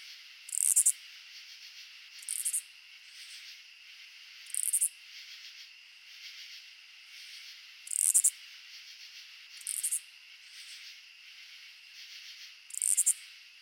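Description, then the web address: Oblong-winged katydid song: short rasping bursts of high clicks every few seconds, some fainter, against a steady droning insect background. "Crickets and Katydids. Oblongwinged Katydid, Amblycorypha oblongifolia"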